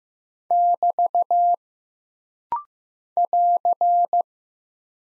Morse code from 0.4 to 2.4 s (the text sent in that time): <BT>